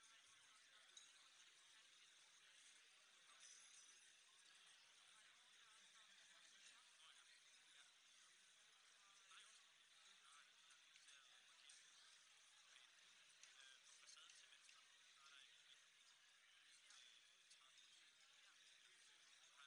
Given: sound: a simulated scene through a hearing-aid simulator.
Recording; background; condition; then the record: conversation; cafeteria (anchor of the quiet scene); -6 dB SNR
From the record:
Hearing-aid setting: anchor resembling a broken hearing aid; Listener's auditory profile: B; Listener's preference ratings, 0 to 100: 1, 2, 4